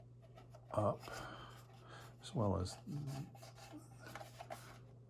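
A plastic tank section from a 4DMaster Saturn V model's stage-1 LOX and fuel tanks is lined up by its key and a protrusion with the mating section before being pressed home. Only soft rubbing and handling noise is heard while someone talks. Nothing has seated or clicked yet.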